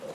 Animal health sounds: pig call; piglet (1 to 25 days)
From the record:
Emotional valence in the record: negative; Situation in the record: missed nursing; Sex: male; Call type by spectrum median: low-frequency call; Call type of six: low-frequency stable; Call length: 0.15 s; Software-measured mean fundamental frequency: 51 Hz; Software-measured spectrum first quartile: 485 Hz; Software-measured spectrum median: 638 Hz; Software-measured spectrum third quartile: 1894 Hz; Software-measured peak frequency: 528 Hz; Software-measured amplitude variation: 144 dB a second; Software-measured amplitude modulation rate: 10.2 a second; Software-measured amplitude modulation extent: 14.2 dB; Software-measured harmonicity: 3.5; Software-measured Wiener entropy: -1.59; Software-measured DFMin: 1125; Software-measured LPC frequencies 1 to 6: 535, 1148, 1933, 2720, 3981, 4903 Hz

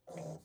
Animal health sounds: pig call; piglet (1 to 25 days)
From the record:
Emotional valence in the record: negative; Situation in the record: restrain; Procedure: back test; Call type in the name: low-frequency call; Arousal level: low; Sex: female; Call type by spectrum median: low-frequency call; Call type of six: low-frequency stable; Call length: 0.45 s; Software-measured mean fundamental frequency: 58 Hz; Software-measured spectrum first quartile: 195 Hz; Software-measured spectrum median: 473 Hz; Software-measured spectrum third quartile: 819 Hz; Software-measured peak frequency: 521 Hz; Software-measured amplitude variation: 169 dB a second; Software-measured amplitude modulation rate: 27.9 a second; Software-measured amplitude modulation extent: 6.1 dB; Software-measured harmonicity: 4.2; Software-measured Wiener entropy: -0.01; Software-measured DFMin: 1149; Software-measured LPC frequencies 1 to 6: 598, 2201, 3391, 4097, 5028, 6106 Hz

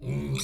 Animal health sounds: pig call; weaner (32 to 43 days)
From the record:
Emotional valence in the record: negative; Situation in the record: novel object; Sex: female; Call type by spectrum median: low-frequency call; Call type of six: mixed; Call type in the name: high-frequency modulated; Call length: 0.44 s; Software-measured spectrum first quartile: 171 Hz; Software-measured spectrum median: 677 Hz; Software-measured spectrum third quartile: 4958 Hz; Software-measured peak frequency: 139 Hz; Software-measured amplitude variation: 101 dB a second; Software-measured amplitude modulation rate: 21.7 a second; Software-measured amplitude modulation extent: 4.6 dB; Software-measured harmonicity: 1.6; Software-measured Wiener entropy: -4.64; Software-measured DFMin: 1184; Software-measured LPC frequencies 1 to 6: 228, 1179, 2364, 3617, 4110, 5725 Hz

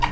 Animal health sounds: pig call; piglet (1 to 25 days)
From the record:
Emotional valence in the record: positive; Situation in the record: after nursing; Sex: female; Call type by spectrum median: low-frequency call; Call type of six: high-frequency stable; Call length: 0.11 s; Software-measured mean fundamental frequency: 234 Hz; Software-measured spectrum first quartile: 107 Hz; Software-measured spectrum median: 846 Hz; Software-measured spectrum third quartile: 1376 Hz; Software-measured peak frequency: 948 Hz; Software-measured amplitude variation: 159 dB a second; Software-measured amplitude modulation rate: 8.8 a second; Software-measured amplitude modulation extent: 18.0 dB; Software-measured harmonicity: 6.6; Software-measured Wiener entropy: -1.60

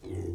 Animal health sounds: pig call; weaner (32 to 43 days)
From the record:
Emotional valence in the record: positive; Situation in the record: positive conditioning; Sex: female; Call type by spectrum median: low-frequency call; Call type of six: low-frequency stable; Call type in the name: low-frequency stable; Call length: 0.35 s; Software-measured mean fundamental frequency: 45 Hz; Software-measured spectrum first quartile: 92 Hz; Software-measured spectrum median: 228 Hz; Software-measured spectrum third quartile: 388 Hz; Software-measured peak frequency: 349 Hz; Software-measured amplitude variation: 131 dB a second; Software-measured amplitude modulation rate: 25.7 a second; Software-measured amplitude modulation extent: 5.1 dB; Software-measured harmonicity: 1.6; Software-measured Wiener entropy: -0.04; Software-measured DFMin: 1022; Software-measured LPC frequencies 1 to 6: 351, 2042, 3191, 3995, 4973, 5767 Hz

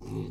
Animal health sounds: pig call; weaner (32 to 43 days)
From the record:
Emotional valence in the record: negative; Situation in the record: novel object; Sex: female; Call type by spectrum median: low-frequency call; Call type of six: low-frequency stable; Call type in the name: low-frequency stable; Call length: 0.30 s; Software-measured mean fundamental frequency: 52 Hz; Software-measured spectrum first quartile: 132 Hz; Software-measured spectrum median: 233 Hz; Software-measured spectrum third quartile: 425 Hz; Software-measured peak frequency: 120 Hz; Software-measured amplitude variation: 117 dB a second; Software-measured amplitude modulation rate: 27.9 a second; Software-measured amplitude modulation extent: 4.2 dB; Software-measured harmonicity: -3.1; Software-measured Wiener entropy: -0.02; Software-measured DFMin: 795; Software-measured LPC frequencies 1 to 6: 309, 915, 2642, 3841, 5091, 6289 Hz

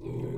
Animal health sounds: pig call; weaner (32 to 43 days)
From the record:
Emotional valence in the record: negative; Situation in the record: novel object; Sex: female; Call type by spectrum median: low-frequency call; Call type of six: low-frequency stable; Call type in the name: low-frequency stable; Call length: 0.38 s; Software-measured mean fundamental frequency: 43 Hz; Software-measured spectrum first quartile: 127 Hz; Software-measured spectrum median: 245 Hz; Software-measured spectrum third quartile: 397 Hz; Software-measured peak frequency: 143 Hz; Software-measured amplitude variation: 141 dB a second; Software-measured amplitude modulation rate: 22.5 a second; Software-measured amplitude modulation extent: 6.2 dB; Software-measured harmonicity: -0.9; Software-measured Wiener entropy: -0.16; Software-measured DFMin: 674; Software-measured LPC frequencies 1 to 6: 352, 2305, 3288, 3983, 5512, 7363 Hz

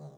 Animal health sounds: pig call; piglet (1 to 25 days)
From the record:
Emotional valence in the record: negative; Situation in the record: long isolation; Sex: male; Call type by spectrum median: low-frequency call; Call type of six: low-frequency modulated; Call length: 0.18 s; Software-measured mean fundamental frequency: 50 Hz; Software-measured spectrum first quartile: 149 Hz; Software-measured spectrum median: 253 Hz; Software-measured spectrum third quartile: 620 Hz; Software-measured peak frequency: 150 Hz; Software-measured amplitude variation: 112 dB a second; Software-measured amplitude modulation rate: 8.3 a second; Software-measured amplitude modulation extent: 13.6 dB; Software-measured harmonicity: 0.9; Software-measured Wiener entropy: 0.01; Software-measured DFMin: 1164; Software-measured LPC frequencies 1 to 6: 610, 4032, 4887, 5960, 6716, 8329 Hz

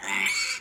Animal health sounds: pig call; piglet (1 to 25 days)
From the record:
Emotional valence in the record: negative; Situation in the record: restrain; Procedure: sham castration, fixation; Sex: male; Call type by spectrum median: high-frequency call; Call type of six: mixed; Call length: 0.61 s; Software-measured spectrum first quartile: 2135 Hz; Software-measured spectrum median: 2931 Hz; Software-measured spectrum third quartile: 5458 Hz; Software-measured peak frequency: 2252 Hz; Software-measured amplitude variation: 109 dB a second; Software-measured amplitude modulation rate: 18.9 a second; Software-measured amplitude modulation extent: 5.8 dB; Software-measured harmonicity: 3.3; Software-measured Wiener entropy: -2.27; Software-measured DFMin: 626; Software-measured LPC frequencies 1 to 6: 1001, 2218, 4469, 5342, 6662, 7458 Hz

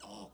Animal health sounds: pig call; piglet (1 to 25 days)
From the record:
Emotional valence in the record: negative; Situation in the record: restrain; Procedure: sham castration, cut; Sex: male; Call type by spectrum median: low-frequency call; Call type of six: mixed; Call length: 0.34 s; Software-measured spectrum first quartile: 498 Hz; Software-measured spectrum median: 1219 Hz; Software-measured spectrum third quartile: 4969 Hz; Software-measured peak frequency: 200 Hz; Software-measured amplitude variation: 97 dB a second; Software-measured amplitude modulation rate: 14.9 a second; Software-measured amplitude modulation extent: 6.5 dB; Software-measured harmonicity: 0.9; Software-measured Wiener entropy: -2.83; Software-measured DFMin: 1669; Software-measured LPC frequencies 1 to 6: 630, 2934, 5477, 7961, 8723, 9671 Hz

